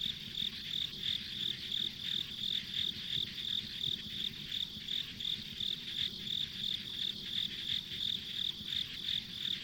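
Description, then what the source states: Evenly timed, bright insect pulses repeat throughout, backed by a steady high-pitched insect chorus and a low rumbling undertone. Ambient insect sounds on a rural country road.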